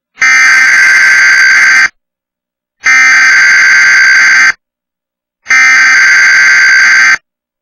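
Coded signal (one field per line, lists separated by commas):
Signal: Emergency Alert System (SAME) tones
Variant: header bursts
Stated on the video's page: Required Weekly Test shown by the TWC TV app on Roku, appearing repeatedly for unrelated cities due to a glitch.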